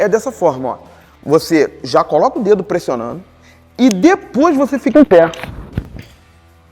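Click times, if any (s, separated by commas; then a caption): 5.8 s. A man talks while pressing the cam of a rope ascender/fall arrester down with a finger and then standing up. At 5.8 s the cam clicks open, releasing the climbing rope so he can descend.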